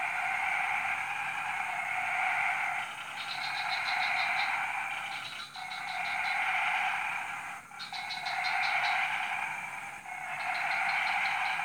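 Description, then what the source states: Frog chorus swelling and dipping in waves, dense croaking under recurring short bursts of rapid pulsed notes roughly every few seconds. Frog chorus recorded at 03:00 on Tuesday 14 February 2017, Jalan Kolonel Sugiono No. 9, Kuala Kapuas, Central Kalimantan, Indonesia.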